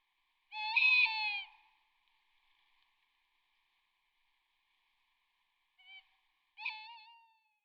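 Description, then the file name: Tawny owl hooting: a long hollow note, a pause of several seconds, then a brief note followed by a quavering, tremulous hoot. "bosuil"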